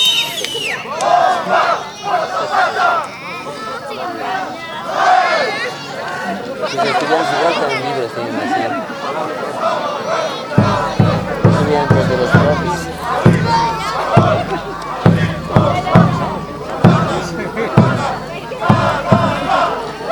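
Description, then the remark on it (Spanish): Students of Unidad Educativa Cotapata in Bolivia shout their school battle cry together, celebrating Bolivian Teachers' Day at a school festival, loud and chant-like, with a steady beat of repeated syllables building through the second half. “Eso es el grito de guerra de Unidad Educativa Cotapata.”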